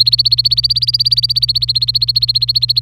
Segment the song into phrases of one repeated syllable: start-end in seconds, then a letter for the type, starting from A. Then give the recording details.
0.00-2.80 A. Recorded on 26 April 2018 at 11:29. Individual llb3